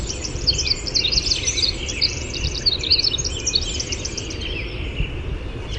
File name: WIWR song